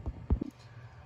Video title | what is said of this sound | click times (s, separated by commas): Ender 3 Pro Thermal Runaway FIX (10-15 Minutes) - Thermistor Replacement | make sure you hear a nice click sound when you plug that in that's the only way to know that it's fully seated | 0.3 s